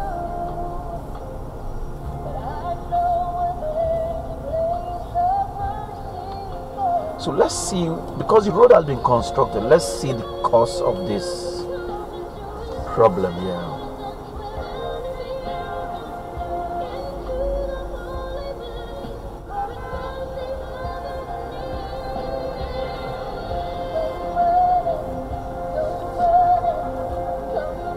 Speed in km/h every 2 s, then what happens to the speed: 15, 15, 10, 8, 8, 6, 5, 5, 5, 6, 6, 5, 5, 3.
0-12 slows to 5. 12-28 steady at about 5.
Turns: none.